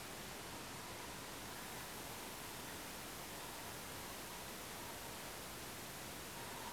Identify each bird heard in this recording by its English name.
none